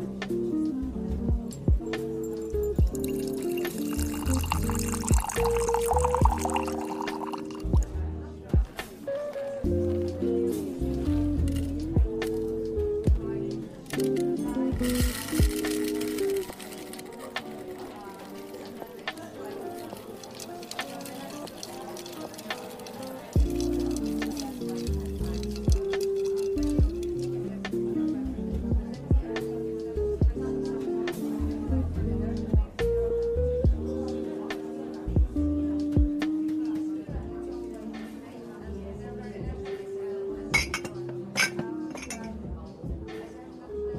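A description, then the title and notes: Coffee shop ambience with a steady murmur of overlapping voices running the full length. Bursts of bright hissing noise rise around five seconds and again near fifteen, and scattered clinks of cups and dishes sound throughout, growing more frequent toward the end. Coffee shop ambience | cozy cafe. เสียงบรรยากาศสบายๆ ในร้านกาแฟ.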